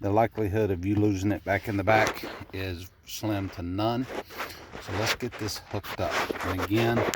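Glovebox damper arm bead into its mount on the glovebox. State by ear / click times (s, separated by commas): not seated / none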